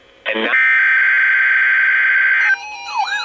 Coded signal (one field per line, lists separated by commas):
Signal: Emergency Alert System (SAME) tones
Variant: header bursts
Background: speech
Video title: Required Weekly Test - 04/14/21 (EAS #2,268)